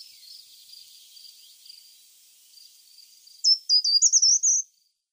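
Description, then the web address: Short-toed treecreeper song: one brisk phrase of very high, sharp, jumping notes lasting about a second, then silence. "Schulze Peter Short-toed Treecreeper song"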